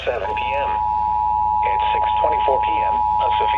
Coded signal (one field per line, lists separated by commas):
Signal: Emergency Alert System (SAME) tones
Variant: 853 and 960 Hz attention tone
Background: speech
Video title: EAS Alerts from 7/17/25 (EAS #135-143)